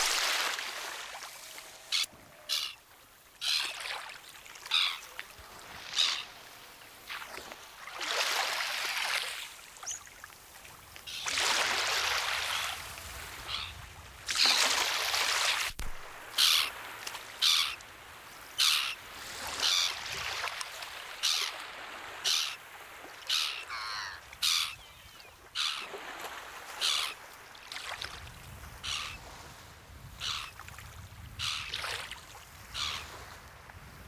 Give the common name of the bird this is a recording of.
Black-headed Gull